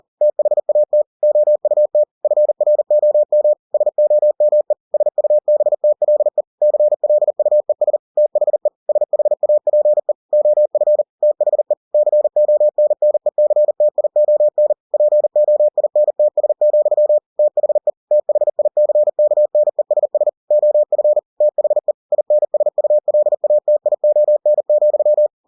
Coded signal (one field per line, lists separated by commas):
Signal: Morse code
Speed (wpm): 40 wpm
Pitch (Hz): 600 Hz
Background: none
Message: THAT OUT FROM SOME SUBTLE CLUES THE SHAPE OF THE CONNECTION POINTS, THE THICKNESS OF THE INSULATION,